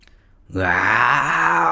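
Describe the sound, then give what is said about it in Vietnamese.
After a brief quiet moment, a loud, sustained, growling roar from a human voice bursts in and holds steady, low and rough, imitating an angry beast. “Sau đó thì mọi người liền nghe thấy tiếng gầm giận dữ và ánh mắt nhìn lại.”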